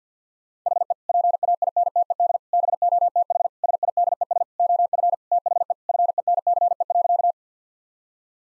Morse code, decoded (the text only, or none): HE PAINTED BOTH SIDES OF THE FENCE.